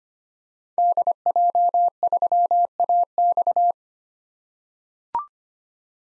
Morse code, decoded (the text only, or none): DJ3AX